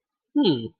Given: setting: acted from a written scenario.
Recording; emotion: vocal sound without words; interest